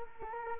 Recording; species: mosquito wingbeat signal from an infrared sensor; Culex quinquefasciatus